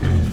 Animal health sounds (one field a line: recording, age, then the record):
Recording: pig call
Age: growing-finishing pig (85 days or more)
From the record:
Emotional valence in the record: positive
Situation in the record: enriched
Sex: female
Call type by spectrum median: low-frequency call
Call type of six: low-frequency modulated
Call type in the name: low-frequency modulated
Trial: 2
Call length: 0.33 s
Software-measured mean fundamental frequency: 44 Hz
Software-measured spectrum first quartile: 86 Hz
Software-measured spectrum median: 137 Hz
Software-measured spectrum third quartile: 330 Hz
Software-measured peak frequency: 93 Hz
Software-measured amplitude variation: 146 dB a second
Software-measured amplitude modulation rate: 28.7 a second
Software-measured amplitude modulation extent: 5.1 dB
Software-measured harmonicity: 1.7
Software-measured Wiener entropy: -1.37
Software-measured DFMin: 699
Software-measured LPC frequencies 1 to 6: 1721, 3150, 3888, 4729, 6140, 7083 Hz